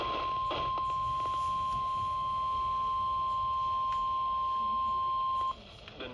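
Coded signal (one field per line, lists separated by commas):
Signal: Emergency Alert System (SAME) tones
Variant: 1050 Hz attention tone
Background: speech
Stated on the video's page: Real tornado and severe thunderstorm watches and warnings, some on a NOAA Weather Radio station.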